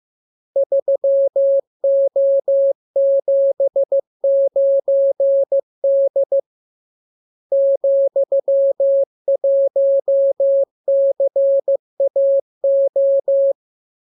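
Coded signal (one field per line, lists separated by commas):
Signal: Morse code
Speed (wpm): 15 wpm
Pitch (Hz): 550 Hz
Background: none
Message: 3O79D ,1CAO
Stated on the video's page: Morse lesson 40 of 42: practice radiogram opening with VVV and section sign, closing with AR, covering letters, numbers, punctuation and Q-code.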